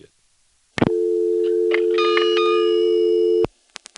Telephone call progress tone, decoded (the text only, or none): dial tone